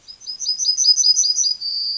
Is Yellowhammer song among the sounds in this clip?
yes